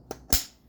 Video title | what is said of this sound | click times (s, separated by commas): 2012 – 2021 Land Rover Range Rover L405 5.0L Timing Failure and Repair - PART 2 of 3 - Engine Build | hear a positive click. | 0.3 s